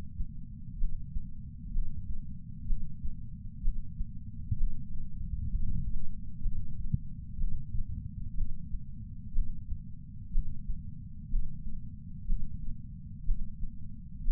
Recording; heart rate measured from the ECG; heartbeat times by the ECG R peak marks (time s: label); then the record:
heart sounds by patch sensor on the chest; 62 bpm
0.78 s: heartbeat
1.72 s: heartbeat
2.66 s: heartbeat
3.62 s: heartbeat
4.57 s: heartbeat
5.50 s: heartbeat
6.42 s: heartbeat
7.38 s: heartbeat
8.35 s: heartbeat
9.33 s: heartbeat
10.32 s: heartbeat
11.29 s: heartbeat
12.26 s: heartbeat
13.25 s: heartbeat
14.24 s: heartbeat
From the record:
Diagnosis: coronary artery disease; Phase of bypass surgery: preoperative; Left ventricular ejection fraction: 36.6%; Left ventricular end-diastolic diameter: 43 mm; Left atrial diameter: 33 mm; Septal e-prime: 3.9 cm/s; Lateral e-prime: 8 cm/s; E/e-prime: 10.3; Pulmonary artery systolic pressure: 22 mmHg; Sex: female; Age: 80 years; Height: 150 cm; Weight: 49 kg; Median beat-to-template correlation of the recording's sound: 0.90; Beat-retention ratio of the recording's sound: 0.98